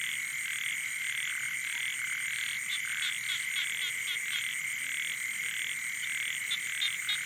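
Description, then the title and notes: Frogs and toads: frog chorus of many overlapping callers, short rattling croaks repeated quickly over a steady shrill background drone. Night chorus on the shore of Boeng Thum lake, Cambodia, around 23:00 on 12 December 2018, as human noise gives way to wildlife. "Soirée aux batraciens - Cambodge. 12 décembre 2018 Sur le bord du lac "Boeng Thum" vers 23h00 au moment ou le silence des hommes laisse place au monde sauvage"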